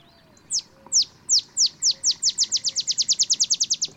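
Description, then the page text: Olive sparrow singing a series of bright, falling chip notes that begin well spaced and steadily accelerate into a rapid rattle. Male olive sparrow singing early morning in Texas, 50 miles north of the Mexican border; simple songs recall a field sparrow's bouncing-ball song, though less mellow and melancholy. "songs Olive Sparrow. Recording early morning just 50 miles north of the Mexican border in Texas. Birdsong for the Curious Naturalist"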